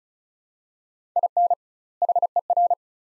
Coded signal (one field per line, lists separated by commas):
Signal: Morse code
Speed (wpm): 34 wpm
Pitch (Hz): 700 Hz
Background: none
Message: IN HER